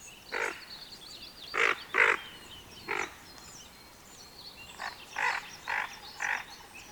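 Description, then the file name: Greater scaup calling with rough, nasal croaks at irregular intervals. "Moretta Grigia"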